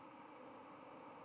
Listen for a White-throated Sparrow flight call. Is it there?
no